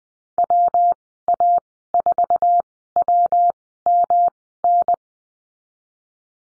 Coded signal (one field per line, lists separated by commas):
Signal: Morse code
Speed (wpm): 19 wpm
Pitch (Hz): 700 Hz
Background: none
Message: WA4WMN